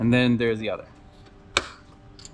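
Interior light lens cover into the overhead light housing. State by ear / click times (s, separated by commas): seated / 1.6 s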